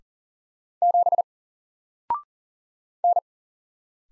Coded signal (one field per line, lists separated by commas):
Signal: Morse code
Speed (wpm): 40 wpm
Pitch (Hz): 700 Hz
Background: none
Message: 7 N